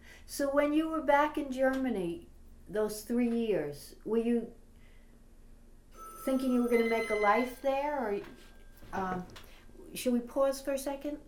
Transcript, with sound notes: So when you were back in Germany those three years, were you thinking you were going to make a life there, or... ( a telephone rings ) Should we pause for a second?